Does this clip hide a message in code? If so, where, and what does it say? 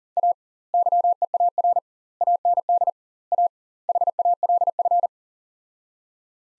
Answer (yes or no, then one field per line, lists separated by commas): yes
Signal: Morse code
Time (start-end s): 0.2-5.1 s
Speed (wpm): 40 wpm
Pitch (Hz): 700 Hz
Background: none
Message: A YEAR AND A HALF